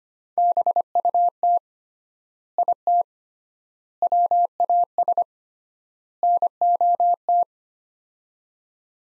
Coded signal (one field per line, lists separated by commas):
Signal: Morse code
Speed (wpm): 25 wpm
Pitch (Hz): 700 Hz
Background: none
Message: BUT IT WAS NOT